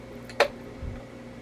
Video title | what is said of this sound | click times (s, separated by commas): NAITESEN Hand Mixer/ unboxing - #3089 | heard it click | 0.4 s